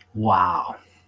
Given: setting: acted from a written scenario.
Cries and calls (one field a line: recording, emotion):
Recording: vocal sound without words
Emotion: contempt